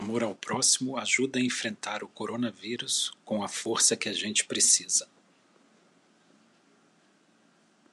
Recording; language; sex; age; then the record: spoken sentence; Brazilian Portuguese; male; 50 to 59 years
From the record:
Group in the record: control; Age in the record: 50 years